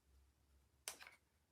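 The next piece of a terrain kit is pushed into the assembled structure and seats with a single sharp click at 0.9 s, followed by a fainter tick near 1.1 s. The rest of the clip is quiet background hum, with no talking.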